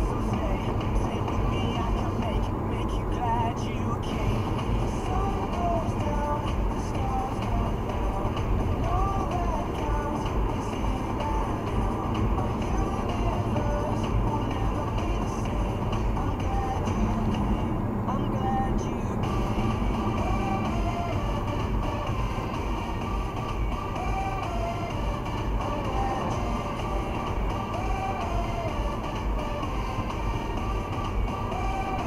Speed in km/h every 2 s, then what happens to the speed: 79, 78, 77, 78, 79, 80, 78, 75, 72, 67, 64, 62, 64, 66, 66, 67.
0-12 steady at about 78. 12-21 slows to 62. 21-32 steady at about 66.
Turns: none.